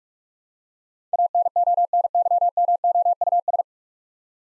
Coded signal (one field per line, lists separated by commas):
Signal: Morse code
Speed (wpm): 46 wpm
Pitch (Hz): 700 Hz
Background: none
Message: ANONYMOUS